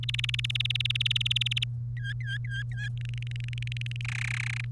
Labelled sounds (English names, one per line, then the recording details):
Domestic Canary song
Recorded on 30 April 2018 at 16:16
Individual llb3